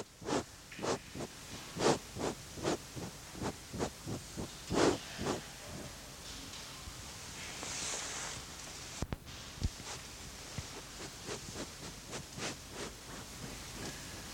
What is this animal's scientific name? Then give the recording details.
Macropus giganteus. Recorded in captivity. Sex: female. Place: Zoo Berlin, Berlin, DE. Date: 1986-12-30 10:08. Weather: slightly cloudy, bright 5°. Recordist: Tembrock, Günter